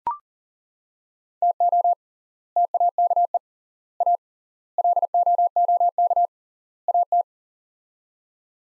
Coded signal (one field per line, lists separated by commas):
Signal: Morse code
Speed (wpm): 40 wpm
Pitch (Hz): 700 Hz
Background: none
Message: TO TAKE A LOOK AT